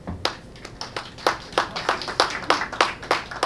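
crowd, audience applause

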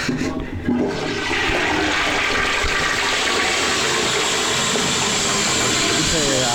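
household object, toilet cistern flushing

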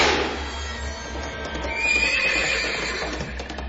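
animal, horse neighing

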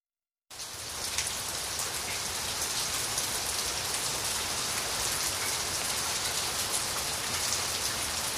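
nature, rain falling

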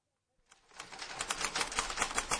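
machine, typing on a typewriter

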